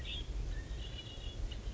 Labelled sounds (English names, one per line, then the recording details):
Red-winged Blackbird
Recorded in Sonoma County, California